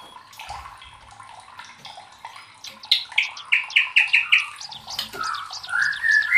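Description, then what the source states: White-rumped shama song, soft low warbling at first, then a loud quick run of repeated notes followed by a rising whistled phrase. Training (masteran) recording for cage birds; murai batu labaik.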